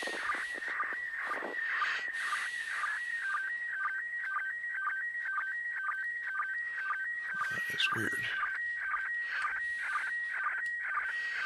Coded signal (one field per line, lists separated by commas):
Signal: SSTV (slow-scan television)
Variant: PD 120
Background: speech